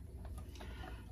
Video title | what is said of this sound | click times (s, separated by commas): REPLACING SOFT CLOSE TOILET SEAT - RV LIFE: Noisy banging toilet seat. | they just snap in place right here and voila | 0.2 s, 0.4 s, 0.5 s